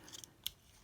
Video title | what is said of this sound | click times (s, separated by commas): Transformers Legacy Voyager Class G2 Universe JHIAXUS Review | and kind of soft click into place when it gets to there you can see that there's kind of like a little notch for | 0.5 s